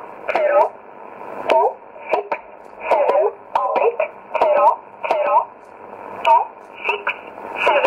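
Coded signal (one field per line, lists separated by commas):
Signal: numbers station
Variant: E11 Oblique, English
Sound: short spoken words, about ten, evenly paced, in a narrow radio voice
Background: radio static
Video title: 07 08 2017 Numbers station E11 Oblique in English to Eu 0747 on 9610 in USB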